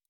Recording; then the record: hydrophone in a shrimp aquaculture tank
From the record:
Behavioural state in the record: normal